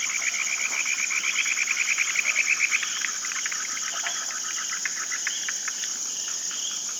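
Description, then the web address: Frog giving rapid pulsed trilling calls, strongest in the first three seconds then scattered, with a continuous high-pitched hum behind. "Frogs World"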